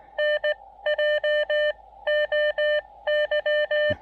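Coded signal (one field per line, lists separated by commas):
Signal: Morse code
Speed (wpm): 17 wpm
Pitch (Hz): 590 Hz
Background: none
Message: NJOY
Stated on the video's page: Morse from a park activation in Québec on 20, 30, 17 and 15 metres with an Elecraft KX2 and Tufteln end-fed random wire antenna.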